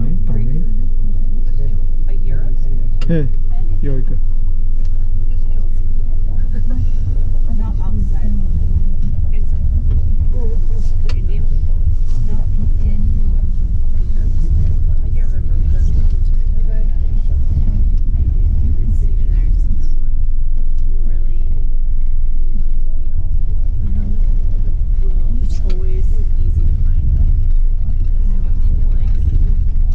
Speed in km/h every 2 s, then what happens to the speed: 3, 4, 4, 4, 5, 6, 7, 8, 9, 10, 9, 7, 7, 9, 12.
0-24 steady at about 7.